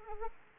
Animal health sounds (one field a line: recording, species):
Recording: mosquito wingbeat signal from an infrared sensor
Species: Anopheles arabiensis